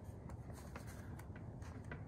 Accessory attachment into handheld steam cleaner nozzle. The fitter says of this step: just locks into place actually pretty easily